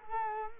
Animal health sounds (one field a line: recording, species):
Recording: mosquito wingbeat signal from an infrared sensor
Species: Culex quinquefasciatus